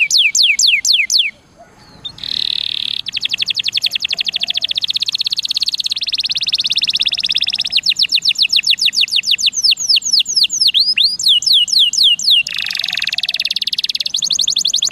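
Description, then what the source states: Atlantic canary in full song: fast trills, buzzy rolls and curling whistled notes, changing tour every few seconds with hardly a break. Song in the cengkok mewah (ornate) style.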